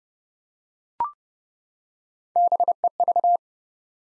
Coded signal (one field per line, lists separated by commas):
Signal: Morse code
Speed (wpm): 30 wpm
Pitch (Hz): 700 Hz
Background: none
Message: BEV